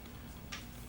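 The small plastic safety catch on the frame hinge lock of an unfolded, hinge-locked Xspec 26 folding mountain bike is held down to secure the frame lock. A single short, bright click sounds at 0.5 s over a low steady background, and the catch seats shut, securing the frame lock.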